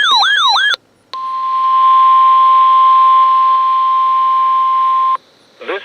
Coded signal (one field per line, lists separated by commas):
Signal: Emergency Alert System (SAME) tones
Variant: 1050 Hz attention tone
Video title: WXL93 Required Weekly Test from 9/27/23 (EAS #737)